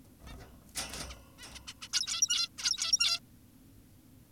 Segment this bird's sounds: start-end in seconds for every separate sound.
0.27-0.34, 1.10-1.15, 1.38-1.46, 1.55-1.60, 1.68-1.74, 1.82-1.88, 1.93-2.49, 2.58-3.20